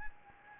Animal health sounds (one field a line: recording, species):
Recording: mosquito wingbeat signal from an infrared sensor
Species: Anopheles gambiae